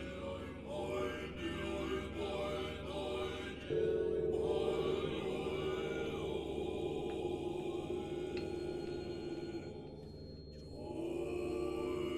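Buddhist chanting with singing bells: a low, steady hum of voices holds throughout, with sustained tones that rise and fall in slow arcs. Around four seconds it swells louder and thicker, then eases near ten seconds before a fresh, fuller note returns.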